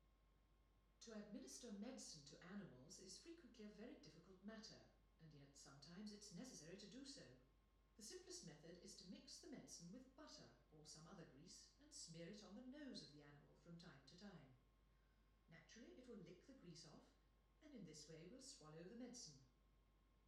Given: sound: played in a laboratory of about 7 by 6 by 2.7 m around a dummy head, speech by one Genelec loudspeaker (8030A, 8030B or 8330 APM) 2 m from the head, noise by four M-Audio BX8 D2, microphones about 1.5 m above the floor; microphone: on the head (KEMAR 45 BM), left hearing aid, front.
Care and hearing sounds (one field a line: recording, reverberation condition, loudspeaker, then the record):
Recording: female speech in English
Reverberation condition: medium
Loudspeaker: 30 degrees to the right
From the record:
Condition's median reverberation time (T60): about 510 ms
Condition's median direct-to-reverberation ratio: about -0.5 dB